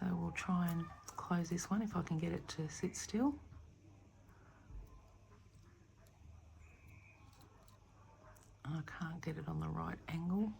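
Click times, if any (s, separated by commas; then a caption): none. Someone talks while trying to hold a locking crimp bead on a necklace wire steady and get the pliers at the right angle before closing it. Between the speech there are only faint handling noises. The crimp bead has not clicked or closed yet.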